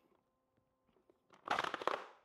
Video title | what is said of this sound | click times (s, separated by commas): My Favorite Unique Tools / Gift Ideas | it's very subtle it's like a little click | 1.5 s